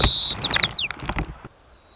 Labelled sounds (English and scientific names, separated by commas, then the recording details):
White-crowned Sparrow (Zonotrichia leucophrys)
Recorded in Sonoma County, California